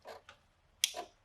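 An engine wiring harness plug is pushed onto its sensor socket during a Honda VTEC B-series engine swap into a 1963 Mini Cooper. Soft handling sounds come first, with a faint tick at 0.3 s, then one sharp, loud click at 0.8 s followed by a brief softer rustle. The plug seats cleanly with that single click.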